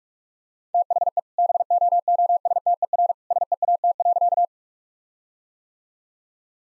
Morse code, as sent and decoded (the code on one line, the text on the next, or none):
- .... . / -... --- --- ... - . .-. / ... . .- - .-.-.-
THE BOOSTER SEAT.